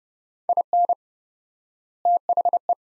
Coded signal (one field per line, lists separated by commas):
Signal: Morse code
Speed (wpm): 30 wpm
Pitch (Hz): 700 Hz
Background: none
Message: IN THE